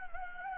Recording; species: mosquito wingbeat signal from an infrared sensor; Anopheles gambiae